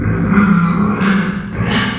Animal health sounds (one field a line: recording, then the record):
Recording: squeal of a Yucatan mini pig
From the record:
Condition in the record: after surgery on the right vocal fold (resection and tissue-engineered implant)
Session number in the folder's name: 15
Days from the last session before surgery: 175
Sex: female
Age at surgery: 19 weeks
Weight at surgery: 25 kg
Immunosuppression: prednisolone